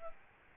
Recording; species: mosquito wingbeat signal from an infrared sensor; Aedes albopictus